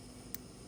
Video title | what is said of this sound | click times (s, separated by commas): Hotwheels wheel swap using a soldering iron, no drill needed. #hotwheels #diy #howto #toys | All right, they're both popped in, okay? | 0.3 s